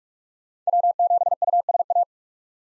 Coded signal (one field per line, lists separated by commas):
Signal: Morse code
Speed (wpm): 44 wpm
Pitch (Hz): 700 Hz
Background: none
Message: W7USA